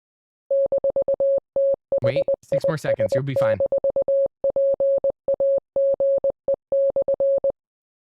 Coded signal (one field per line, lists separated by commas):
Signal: Morse code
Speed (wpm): 20 wpm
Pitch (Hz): 550 Hz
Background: speech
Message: -THIS-PAGE/